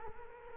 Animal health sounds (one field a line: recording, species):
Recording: mosquito wingbeat signal from an infrared sensor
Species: Culex quinquefasciatus